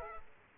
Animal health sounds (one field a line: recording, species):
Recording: mosquito wingbeat signal from an infrared sensor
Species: Culex quinquefasciatus